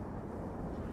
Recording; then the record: background sound without coughing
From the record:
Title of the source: Train Ride Ambience ambient white noise for sleeping, focus, studying, reading